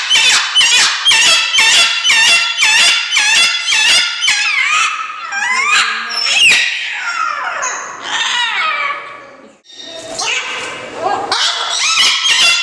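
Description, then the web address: Salmon-crested cockatoo screaming: a rapid run of harsh, clipped shrieks, about two a second, giving way to longer, wavering, rasping screeches with falling ends. Captive bird in a zoo, recorded 22 May 2016. "molukkskii-kakadu-oryot-severskii-zoopark 22052016 cacatua-moluccensis"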